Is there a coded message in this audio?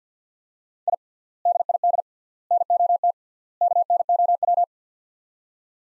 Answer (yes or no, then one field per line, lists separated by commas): yes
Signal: Morse code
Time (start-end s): 0.9-4.6 s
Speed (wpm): 50 wpm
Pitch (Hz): 700 Hz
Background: none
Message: I DID NOT KNOW